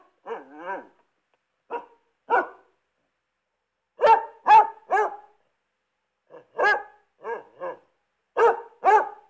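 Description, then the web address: Basset Hound giving irregular loud barks, singly and in short groups, separated by short silent pauses. "dog bassett hound barking"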